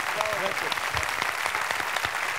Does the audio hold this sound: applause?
yes